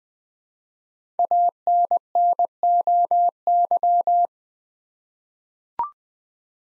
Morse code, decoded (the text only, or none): ANNOY